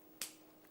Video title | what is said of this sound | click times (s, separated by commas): JewelleryMaker LIVE 24/2/21 8am-5pm | that's it locked however you might still struggle so in | 0.2 s